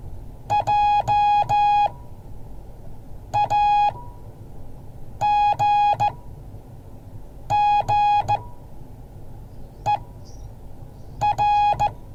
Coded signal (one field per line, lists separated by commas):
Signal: Morse code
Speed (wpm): 14 wpm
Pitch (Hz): 830 Hz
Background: music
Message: JAGGER